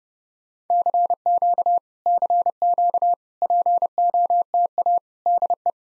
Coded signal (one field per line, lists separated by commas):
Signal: Morse code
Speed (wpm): 30 wpm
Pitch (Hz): 700 Hz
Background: none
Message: CQ CQ POTA DE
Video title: POTA QSO Practice - 30wpm